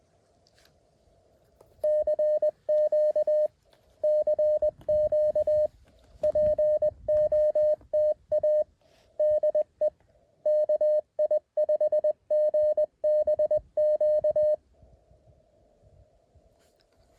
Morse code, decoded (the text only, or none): CQ CQ POTA DE KI5GBQ